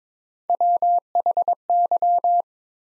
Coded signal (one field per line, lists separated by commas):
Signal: Morse code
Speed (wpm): 21 wpm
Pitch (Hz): 700 Hz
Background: none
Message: WHY